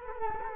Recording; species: mosquito wingbeat signal from an infrared sensor; Culex quinquefasciatus